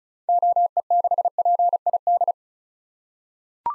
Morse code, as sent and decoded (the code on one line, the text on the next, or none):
--- . -.... .--. .. -..
OE6PID